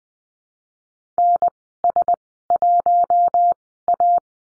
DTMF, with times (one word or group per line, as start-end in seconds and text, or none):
none